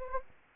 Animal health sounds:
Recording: mosquito wingbeat signal from an infrared sensor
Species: Anopheles gambiae

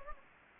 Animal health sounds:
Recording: mosquito wingbeat signal from an infrared sensor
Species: Anopheles gambiae

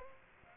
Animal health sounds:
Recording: mosquito wingbeat signal from an infrared sensor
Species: Aedes aegypti

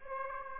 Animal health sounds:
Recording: mosquito wingbeat signal from an infrared sensor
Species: Aedes aegypti

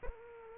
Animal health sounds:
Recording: mosquito wingbeat signal from an infrared sensor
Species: Aedes aegypti

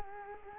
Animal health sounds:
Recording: mosquito wingbeat signal from an infrared sensor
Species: Culex quinquefasciatus

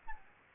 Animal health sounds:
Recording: mosquito wingbeat signal from an infrared sensor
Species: Anopheles arabiensis

